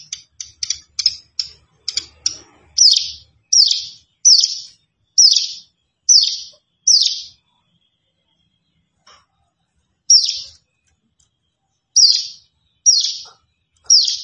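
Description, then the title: Plain prinia song: a quick burst of short high chirps, then loud harsh descending high notes repeated about once a second, with a pause midway. "Ciblek Sawah 1"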